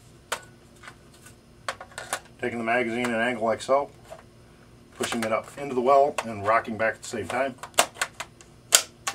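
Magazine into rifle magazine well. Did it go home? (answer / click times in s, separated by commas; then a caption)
yes / 9.1 s. A steel box magazine is angled into the magazine well of an H&K91, PTR91, G3 or CETME-style rifle, pushed up and rocked back until the magazine catch engages. Someone talks over scattered sharp metallic clicks and clacks of handling. The magazine clicks shut and seats at 9.1 s.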